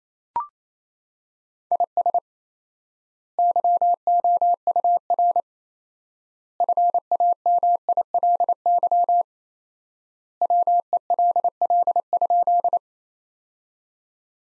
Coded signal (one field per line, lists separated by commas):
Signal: Morse code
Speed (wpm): 27 wpm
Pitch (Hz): 700 Hz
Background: none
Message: IS YOUR FAMILY WELL?